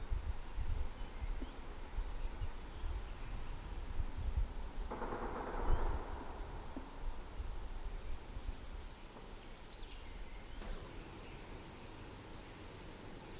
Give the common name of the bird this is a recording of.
Common Firecrest